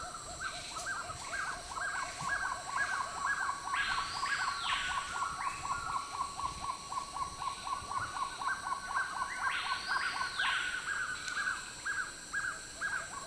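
Black-tailed trogon repeating short, mellow notes in a regular series, roughly two per second, while a louder rasping sound breaks in twice over a constant hiss.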